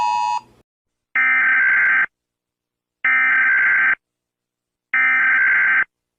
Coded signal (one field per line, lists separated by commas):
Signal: Emergency Alert System (SAME) tones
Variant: header bursts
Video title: EAS alarm for nuclear bomb